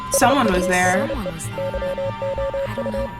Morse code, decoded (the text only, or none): SURE YOU